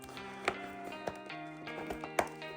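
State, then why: Released. The remaining two press snaps holding the cheek pad in a modular motorcycle helmet shell are pulled apart, each giving a sharp, distinct pop at 0.5 s and 2.2 s over a steady background of music. With these two released, all three cheek pad snaps are undone.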